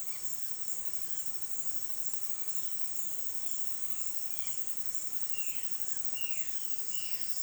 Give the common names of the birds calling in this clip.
Violaceous Jay